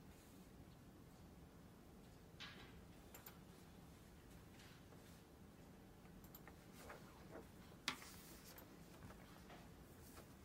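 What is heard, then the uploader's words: Library ambience with a steady low rumble underneath. Scattered soft clicks, taps and brief rustles come every second or so, with a sharper knock just before the eighth second. No voices stand out; the background hum stays constant throughout. Glasgow library. (university of glasgow).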